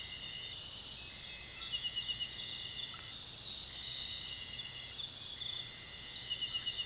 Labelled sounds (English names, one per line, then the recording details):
none
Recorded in pastures near Puerto Asís, Putumayo, Colombia, on 19 February 2024 at 05:30
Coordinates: 0.466, -76.323
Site G6384